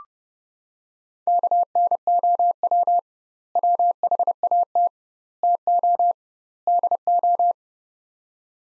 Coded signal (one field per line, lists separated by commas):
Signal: Morse code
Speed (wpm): 30 wpm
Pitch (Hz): 700 Hz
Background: none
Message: KNOW WHAT TO DO